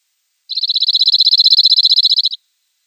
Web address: Schulze Peter Cirl Bunting song